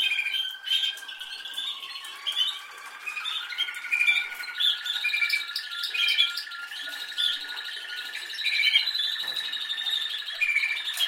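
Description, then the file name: Canary warbling continuously, weaving rapid trills and chirps over a steady lower tone. "Canary Voice"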